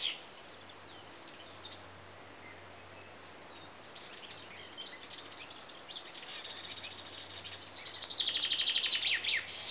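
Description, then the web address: Common chaffinch song, quiet chirps building to a clear, rapid series of high repeated notes near the end. Chaffinches in Greece, with insects. "BBC Sound Effects Library. Greece. Birds (Chaffinches) And Insects"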